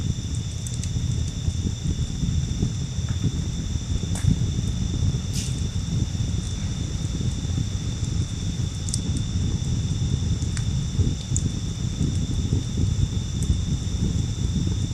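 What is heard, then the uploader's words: A campfire burns with a steady, dense low rumble and roar throughout. Sharp pops and crackles break through now and then, around every one to two seconds at most. Thin, steady high-pitched tones hang in the background the whole time. Cozy Campfire.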